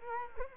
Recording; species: mosquito wingbeat signal from an infrared sensor; Culex quinquefasciatus